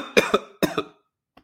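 Two quick double coughs, four harsh bursts in all, come within about a second, then quiet. The coughs sound loose, a productive cough that brings up phlegm.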